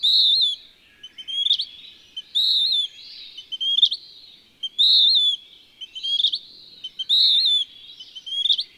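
Western wood-pewee: rough, burry descending phrases alternating with short clipped notes, repeated throughout.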